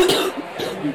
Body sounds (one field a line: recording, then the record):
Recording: coughing mixed with background sound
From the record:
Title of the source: 30 Chesty and wet cough